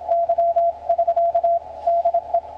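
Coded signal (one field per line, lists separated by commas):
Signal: Morse code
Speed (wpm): 27 wpm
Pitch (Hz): 680 Hz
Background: none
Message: Y<SK> DE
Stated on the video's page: CW contact on 14.007 kHz between a station and a mobile station.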